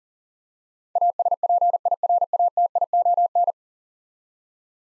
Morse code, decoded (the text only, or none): ASPIRATION